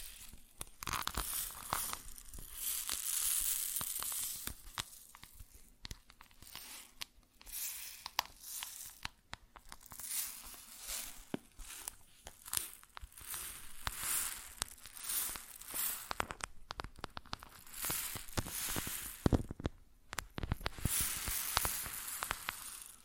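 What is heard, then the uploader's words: Grain being handled makes a dense, busy rustle of countless small hard taps and crackles, bright and hissy with little low end. The texture surges and eases in waves throughout, with brief quieter gaps near 7 and 19 seconds and sharper clicks scattered across. ASMR Grain Sounds (No Talking).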